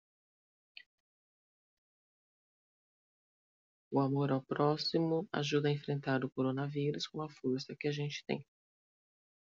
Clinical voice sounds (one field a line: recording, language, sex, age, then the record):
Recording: spoken sentence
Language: Brazilian Portuguese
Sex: female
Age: 50 to 59 years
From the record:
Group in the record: control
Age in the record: 52 years